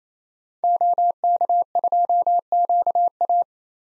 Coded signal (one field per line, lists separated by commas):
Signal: Morse code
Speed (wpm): 28 wpm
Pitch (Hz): 700 Hz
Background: none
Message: OK2QA